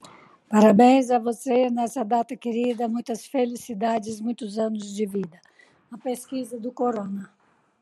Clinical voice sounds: short text; Brazilian Portuguese; female; 60 to 69 years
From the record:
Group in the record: control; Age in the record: 63 years

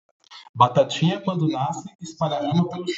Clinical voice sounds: short text; Brazilian Portuguese; male; 20 to 29 years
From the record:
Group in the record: control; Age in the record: 21 years

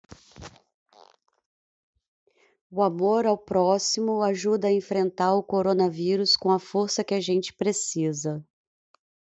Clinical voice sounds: spoken sentence; Brazilian Portuguese; female; 30 to 39 years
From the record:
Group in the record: control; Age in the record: 38 years

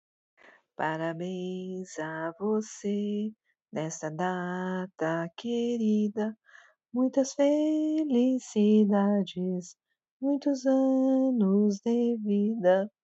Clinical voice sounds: short text; Brazilian Portuguese; female; 50 to 59 years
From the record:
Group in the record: control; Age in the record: 55 years

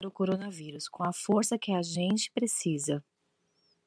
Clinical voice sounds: spoken sentence; Brazilian Portuguese; female; 40 to 49 years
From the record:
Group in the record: control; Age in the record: 45 years

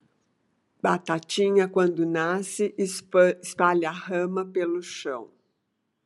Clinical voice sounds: short text; Brazilian Portuguese; female; 60 to 69 years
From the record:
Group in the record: control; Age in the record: 69 years

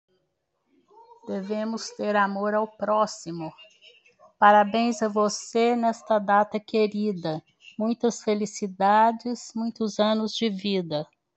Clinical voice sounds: short text; Brazilian Portuguese; female; 70 to 79 years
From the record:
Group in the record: control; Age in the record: 71 years

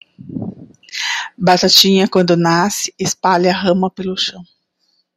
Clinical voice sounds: short text; Brazilian Portuguese; male; 40 to 49 years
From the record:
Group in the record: control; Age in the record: 49 years

